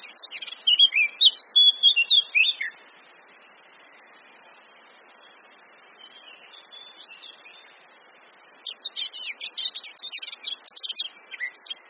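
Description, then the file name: Eurasian blackcap song: a quick burst of high, varied warbled notes, a pause of several seconds, then a second rapid, scratchy warbling burst. "Sylvia atricapilla"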